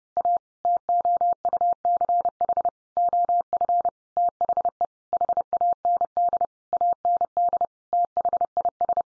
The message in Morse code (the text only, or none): A TOUCH OF THE HAND AND THIS